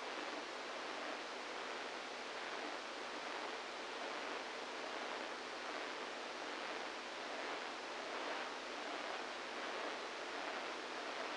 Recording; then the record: brain microelectrode recording played as sound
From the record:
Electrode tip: inside the subthalamic nucleus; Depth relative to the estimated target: -3 mm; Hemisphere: right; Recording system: NeuroSet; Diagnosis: Parkinson's disease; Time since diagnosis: 27 years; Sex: male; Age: 62 years